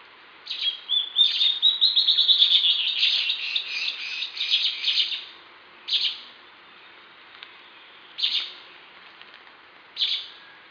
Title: LuckyPassaro Completos2Sama. Band-tailed Antbird (Hypocnemoides maculicauda)